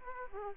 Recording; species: mosquito wingbeat signal from an infrared sensor; Aedes aegypti